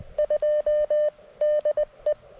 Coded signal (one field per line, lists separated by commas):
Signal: Morse code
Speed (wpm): 20 wpm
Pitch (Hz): 600 Hz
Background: none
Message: 2DE